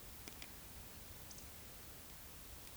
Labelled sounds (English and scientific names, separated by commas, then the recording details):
Eurasian Woodcock (Scolopax rusticola) whistle
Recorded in Baden-Württemberg, Germany, on 11 June 2021 at 20:09 UTC
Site 24606, 635 m above sea level